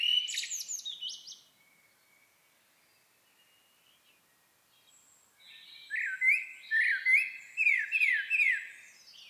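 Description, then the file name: Eurasian blackbird sings a high squeaky phrase, pauses, then delivers a series of loud slurred whistles with chattering high notes. "Turdus merula"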